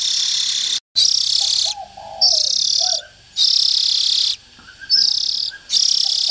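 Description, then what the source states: Oriental magpie-robin rasping calls in quick succession, six broad hissy bursts with short pauses, faint soft notes underneath. Young birds.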